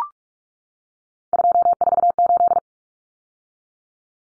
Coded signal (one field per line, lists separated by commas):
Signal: Morse code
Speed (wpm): 44 wpm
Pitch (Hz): 700 Hz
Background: none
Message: 248